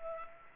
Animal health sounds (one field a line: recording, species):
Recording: mosquito wingbeat signal from an infrared sensor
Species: Culex pipiens